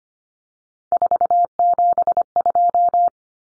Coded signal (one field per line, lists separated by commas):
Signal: Morse code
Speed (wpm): 25 wpm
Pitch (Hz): 700 Hz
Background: none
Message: 472